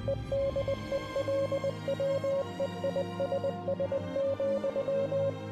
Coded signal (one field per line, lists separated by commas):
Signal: Morse code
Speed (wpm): 20 wpm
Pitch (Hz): 550 Hz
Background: music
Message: EDELWEISS,